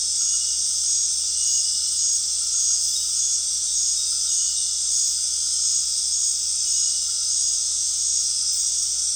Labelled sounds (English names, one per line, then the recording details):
none
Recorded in dense forest near Puerto Asís, Putumayo, Colombia, on 13 March 2025 at 19:30
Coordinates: 0.499, -76.324
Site GP03